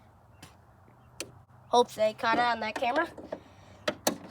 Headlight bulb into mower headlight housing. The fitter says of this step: And when you put it in there, you gotta wait for the click.